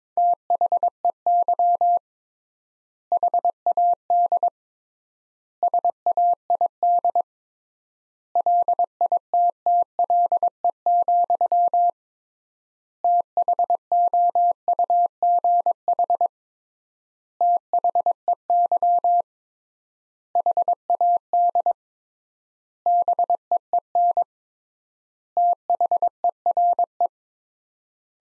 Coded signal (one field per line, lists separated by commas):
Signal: Morse code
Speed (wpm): 22 wpm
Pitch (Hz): 700 Hz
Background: none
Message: THEY HAD SAID LITTLE, THOUGH THEY HAD BEEN THERE